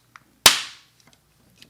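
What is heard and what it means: After a CR2032 battery change, the two plastic halves of a Honda car remote key fob case are pressed together, and one sharp, loud snap at 0.5 s marks the case closing. A few faint ticks come before and after it. The halves snap shut and the case is seated.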